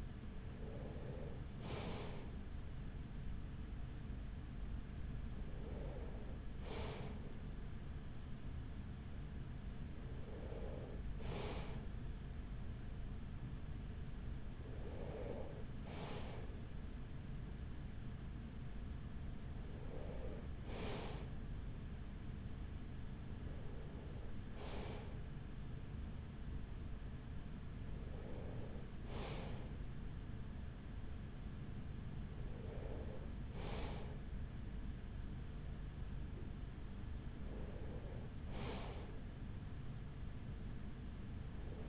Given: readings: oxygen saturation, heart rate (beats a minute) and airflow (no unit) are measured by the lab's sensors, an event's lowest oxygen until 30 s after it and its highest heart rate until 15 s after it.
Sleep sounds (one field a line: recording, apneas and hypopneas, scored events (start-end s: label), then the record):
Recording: breathing in sleep by a smartphone at the bedside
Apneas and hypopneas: none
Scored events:
24.00-41.89 s: new sleep stage, N3 (deep sleep)
From the record:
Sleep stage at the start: N2 (light sleep)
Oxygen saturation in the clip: 94 to 95%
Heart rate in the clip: 43 to 44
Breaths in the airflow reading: 9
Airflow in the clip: -6.7 to 5.8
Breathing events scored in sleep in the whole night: 207 in 7.6 hours asleep